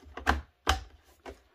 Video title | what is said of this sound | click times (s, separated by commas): First Robot Vacuum that has a Laser Pointer - Drive your Pets Crazy 🐶 Trifo Ollie | but don't worry, you do have a suction-only port if you have a lot of pet hair, and it should just snap right in. like that. | 0.3 s, 0.7 s